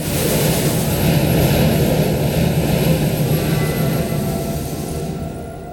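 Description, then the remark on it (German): A train thunders past with a loud, steady roar, deep rumbling mixed with broad hiss, holding strong for several seconds before easing off slightly at the end. No voices are heard. “Ein Zug donnert vorbei.”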